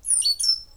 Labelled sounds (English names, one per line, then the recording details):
Stitchbird song
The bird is a male
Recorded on Tiritiri Matangi Island, New Zealand, in 2005
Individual 4, of nest box 4